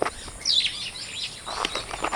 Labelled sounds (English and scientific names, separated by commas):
Superb Starling (Lamprotornis superbus) flight call